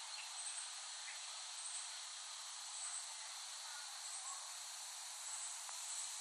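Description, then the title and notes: Cicadas in a steady high hissing drone, with faint repeated chirps riding above it throughout. Cicadas recorded by Dan Bodah in West Brighton, Staten Island, late summer 2008. "Recording of cicadas made by Dan Bodah in West Brighton, Staten Island, late summer 2008."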